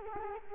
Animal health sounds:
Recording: mosquito wingbeat signal from an infrared sensor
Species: Culex quinquefasciatus

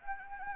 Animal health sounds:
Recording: mosquito wingbeat signal from an infrared sensor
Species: Anopheles gambiae

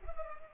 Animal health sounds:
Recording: mosquito wingbeat signal from an infrared sensor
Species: Culex pipiens

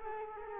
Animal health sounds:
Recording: mosquito wingbeat signal from an infrared sensor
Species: Culex quinquefasciatus

